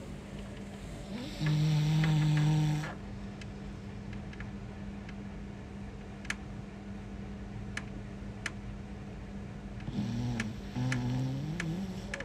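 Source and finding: Small pet dog, asleep. Snoring.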